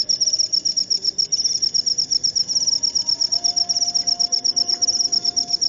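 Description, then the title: Cricket chirping: a fast, high, pulsing trill that goes on without a break, over a low background hiss and a faint steady tone. Loud chirping cricket sound, played to make lovebirds keep singing in their ngekek style. "Suara JANGKRIK NGERIK Keras Bikin LOVEBIRD Jadi NGEKEK Terus Vubey"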